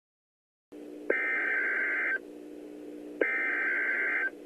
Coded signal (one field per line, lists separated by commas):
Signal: Emergency Alert System (SAME) tones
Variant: header bursts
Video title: An EAS timeline of the 5/19/13 Edmond, OK Tornado